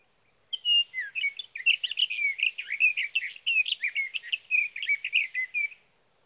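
Sage thrasher singing a long, unbroken jumble of quick warbled and whistled notes, about five seconds of steady rapid phrases on a quiet background.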